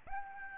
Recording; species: mosquito wingbeat signal from an infrared sensor; Aedes albopictus